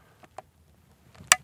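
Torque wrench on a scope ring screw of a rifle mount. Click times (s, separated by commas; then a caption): 1.3 s. An inch-pound torque wrench set to 45 in-lb tightens a scope ring screw on the mount of a Sako 85 Carbonlight rifle, worked back and forth until it breaks over. Faint ticks at about 0.2 s and 0.4 s lead to a sharp, bright click at 1.3 s as the wrench reaches its setting.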